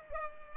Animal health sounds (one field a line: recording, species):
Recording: mosquito wingbeat signal from an infrared sensor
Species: Culex pipiens